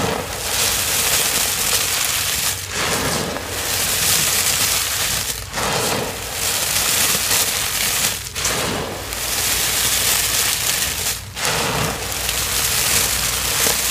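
Dense crackling and crumbling of gym chalk being crushed, steady and bright, with brief pauses about every three seconds.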